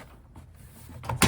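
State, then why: Seated. After a pedestrian warning box is fitted in a Tesla Model Y, the plastic trim panel is pushed gently back into the car body clips without forcing. Low rustling and a softer contact near 1.0 s lead to a sharp, loud snap at 1.2 s as the panel clips in and seats.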